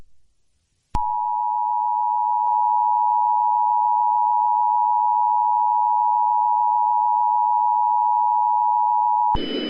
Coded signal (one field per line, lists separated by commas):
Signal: Emergency Alert System (SAME) tones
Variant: 853 and 960 Hz attention tone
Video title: RobotBoy: EAS Scenario (Retake) Part 1